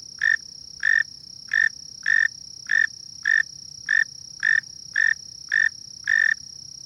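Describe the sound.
Mole cricket buzzing in short, evenly spaced trilled bursts, nearly two per second, with a constant high-pitched tone and low background rumble.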